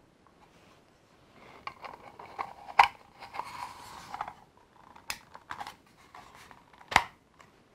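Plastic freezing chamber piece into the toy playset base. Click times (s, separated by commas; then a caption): 2.8 s, 7.0 s. The plastic freezing-chamber piece of a 2020 Hasbro Vintage Collection Star Wars Carbon-Freezing Chamber playset is fitted into the playset base, with plastic handling and rubbing noises throughout. Loud snaps at 2.8 s and 7.0 s mark the piece clicking into place, and it ends up seated.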